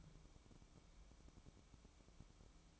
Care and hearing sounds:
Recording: daily activity, microphone in the room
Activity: take from stove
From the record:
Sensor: 1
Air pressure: 1008.1 hPa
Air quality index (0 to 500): 135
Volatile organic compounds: 2 ppm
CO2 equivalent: 1136 ppm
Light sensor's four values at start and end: 8/20/8/8 and 8/19/8/8

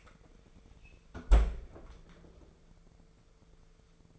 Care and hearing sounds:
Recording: daily activity, microphone in the room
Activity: close fridge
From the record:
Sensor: 5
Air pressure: 1014.9 hPa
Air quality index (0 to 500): 171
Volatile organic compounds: 6 ppm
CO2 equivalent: 1881 ppm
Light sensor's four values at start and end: 57/134/55/59 and 53/124/52/54

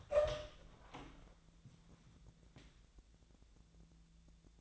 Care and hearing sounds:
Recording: daily activity, microphone in the room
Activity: open door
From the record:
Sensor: 3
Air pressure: 1000.4 hPa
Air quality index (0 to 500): 173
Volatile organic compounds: 3 ppm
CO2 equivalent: 1502 ppm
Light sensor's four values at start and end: 13/30/13/13 and 13/31/13/13

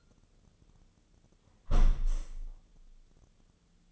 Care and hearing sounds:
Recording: daily activity, microphone in the room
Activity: close window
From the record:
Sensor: 4

